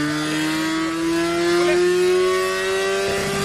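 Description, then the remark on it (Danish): A combustion motorcycle engine revs with a steady, buzzy mid-pitched drone that slowly rises in pitch, holding loud and even for a few seconds with a brief surge near the end. “Den lyd der, den kan du ikke få fra et elløbehjul.”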